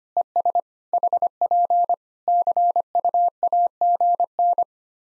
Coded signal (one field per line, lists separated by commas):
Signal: Morse code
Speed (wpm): 25 wpm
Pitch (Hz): 700 Hz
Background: none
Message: ES HP CUAGN